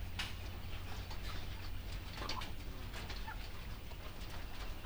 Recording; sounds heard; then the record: poultry house recording; sick chickens (respiratory disease)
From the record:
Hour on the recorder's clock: 4